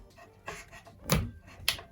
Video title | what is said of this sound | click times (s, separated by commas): MacBook Pro 16" 2019 Unboxing and Review | nope it clicks right in there that's a sweet sound it clicks | 1.7 s